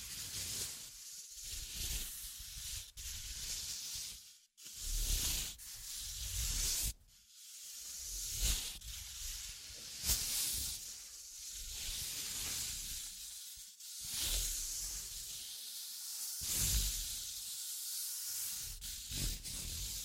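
Tapping, scratching and tracing sounds: dense rough hissing rubs in uneven bursts, with brief silent gaps and sharp taps scattered throughout.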